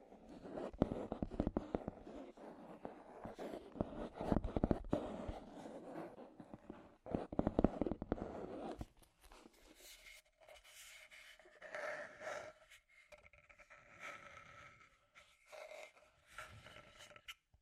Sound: Scratchy Tapping